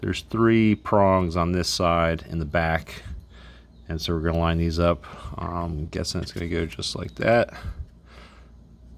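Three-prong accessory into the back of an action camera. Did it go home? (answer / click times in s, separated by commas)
no / none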